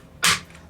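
A part in the spool area of an Arrma Vendetta 3S RC car is lined up flush and pushed into the gearbox/chassis. A single sharp, bright snap is heard at 0.2 s, strongest in the upper frequencies and fading within about two tenths of a second. The part snaps into place and is seated.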